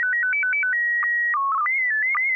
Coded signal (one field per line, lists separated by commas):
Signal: SSTV (slow-scan television)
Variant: PD 120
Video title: N6NA SSTV Net - 11/25/2020